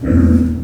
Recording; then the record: squeal of a Yucatan mini pig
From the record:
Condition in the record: after surgery on the right vocal fold (resection and tissue-engineered implant); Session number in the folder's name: 7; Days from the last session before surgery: 47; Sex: female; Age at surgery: 19 weeks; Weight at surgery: 25 kg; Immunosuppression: prednisolone